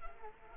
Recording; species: mosquito wingbeat signal from an infrared sensor; Culex quinquefasciatus